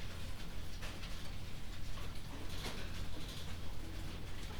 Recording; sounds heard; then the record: poultry house recording; healthy chickens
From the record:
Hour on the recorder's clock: 21